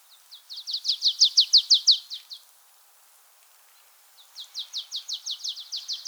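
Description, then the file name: Marsh tit giving two rapid rattling series of down-slurred chips, separated by about two seconds of quiet. The first series swells and then tails off. "Poecile palustris"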